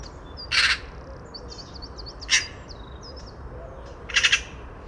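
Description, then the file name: Eurasian magpie giving harsh, noisy chattering calls in three bursts, the last a rapid rattle, while small birds twitter faintly in the background. "Pica pica"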